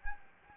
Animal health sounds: mosquito wingbeat signal from an infrared sensor; Anopheles gambiae

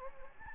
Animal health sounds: mosquito wingbeat signal from an infrared sensor; Anopheles gambiae

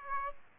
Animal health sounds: mosquito wingbeat signal from an infrared sensor; Aedes aegypti

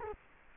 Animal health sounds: mosquito wingbeat signal from an infrared sensor; Culex quinquefasciatus

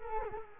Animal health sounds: mosquito wingbeat signal from an infrared sensor; Culex quinquefasciatus

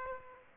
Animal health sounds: mosquito wingbeat signal from an infrared sensor; Aedes aegypti

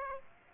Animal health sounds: mosquito wingbeat signal from an infrared sensor; Aedes aegypti

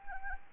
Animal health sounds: mosquito wingbeat signal from an infrared sensor; Anopheles arabiensis

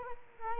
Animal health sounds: mosquito wingbeat signal from an infrared sensor; Culex quinquefasciatus

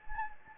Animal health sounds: mosquito wingbeat signal from an infrared sensor; Anopheles gambiae

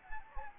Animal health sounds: mosquito wingbeat signal from an infrared sensor; Anopheles gambiae

